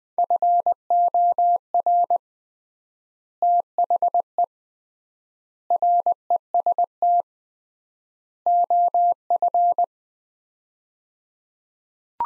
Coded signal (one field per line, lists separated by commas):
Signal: Morse code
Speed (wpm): 20 wpm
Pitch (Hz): 700 Hz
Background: none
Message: FOR THE REST OF